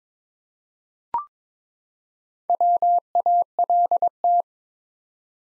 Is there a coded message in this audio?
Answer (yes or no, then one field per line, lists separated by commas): yes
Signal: Morse code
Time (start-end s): 2.5-4.4 s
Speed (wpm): 22 wpm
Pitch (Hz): 700 Hz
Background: none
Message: WALT